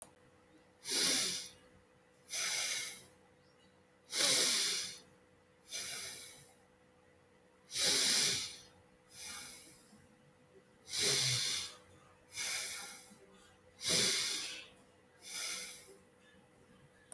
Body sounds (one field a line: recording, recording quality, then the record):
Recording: deep breathing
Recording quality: excellent, no background noise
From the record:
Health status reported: healthy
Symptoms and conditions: none ticked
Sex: male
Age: 29 years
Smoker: not ticked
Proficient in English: yes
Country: India